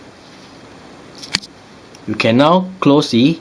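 The blue plastic printhead latch on the carriage of an HP Ink Tank 110/115/118 printer is pushed down until it locks. A loud, sharp snap is heard at 1.4 s, and then someone talks. The latch is seated and locked.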